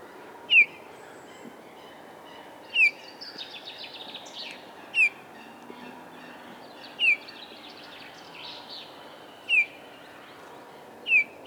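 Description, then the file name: Eurasian bullfinch giving short, soft, downslurred piping calls, one about every two seconds, over quieter twittering and a faint steady background hiss. "Pyrrhula pyrrhula"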